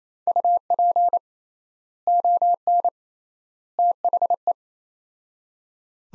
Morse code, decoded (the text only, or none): UP ON THE